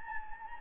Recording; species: mosquito wingbeat signal from an infrared sensor; Anopheles gambiae